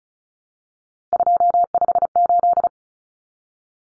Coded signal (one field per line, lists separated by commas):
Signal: Morse code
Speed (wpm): 34 wpm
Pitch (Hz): 700 Hz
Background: none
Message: 258